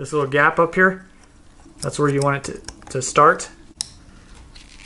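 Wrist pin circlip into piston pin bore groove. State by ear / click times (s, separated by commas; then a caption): seated / 3.8 s. A metal piston pin circlip is started at the gap in the piston boss and pressed into its groove in the piston pin bore, with a hand held over it so it can't fly off, while someone talks. A sharp click at 3.8 s marks the circlip snapping into its groove, followed by a faint tick at 4.6 s. The circlip is seated and is then spun to check it is in.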